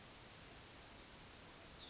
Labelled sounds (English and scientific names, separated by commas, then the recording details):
Yellowhammer (Emberiza citrinella) song
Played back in forest
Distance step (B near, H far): G
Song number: 112